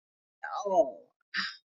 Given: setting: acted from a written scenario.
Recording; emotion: vocal sound without words; pride